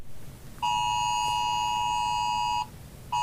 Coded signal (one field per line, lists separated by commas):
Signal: Emergency Alert System (SAME) tones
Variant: 853 and 960 Hz attention tone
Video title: Rating EAS Alarms (My Version)